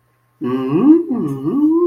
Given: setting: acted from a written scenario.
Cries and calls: vocal sound without words; interest

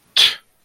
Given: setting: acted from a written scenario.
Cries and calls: vocal sound without words; contempt

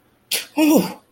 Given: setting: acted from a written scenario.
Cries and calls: vocal sound without words; pain

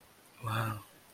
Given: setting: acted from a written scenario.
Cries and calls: vocal sound without words; contempt

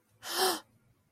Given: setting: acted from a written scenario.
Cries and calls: vocal sound without words; distress

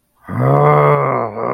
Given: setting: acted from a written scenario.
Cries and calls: vocal sound without words; anger

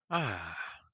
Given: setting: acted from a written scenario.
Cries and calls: vocal sound without words; pride

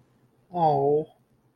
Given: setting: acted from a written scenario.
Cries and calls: vocal sound without words; adoration

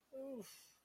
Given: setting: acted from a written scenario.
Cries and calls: vocal sound without words; guilt

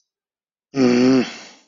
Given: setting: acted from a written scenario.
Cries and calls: vocal sound without words; anger

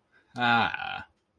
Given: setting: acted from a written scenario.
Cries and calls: vocal sound without words; pride

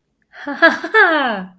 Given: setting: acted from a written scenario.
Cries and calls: vocal sound without words; elation

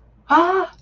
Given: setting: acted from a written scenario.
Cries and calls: vocal sound without words; positive surprise

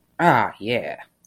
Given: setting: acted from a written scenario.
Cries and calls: vocal sound without words; pride

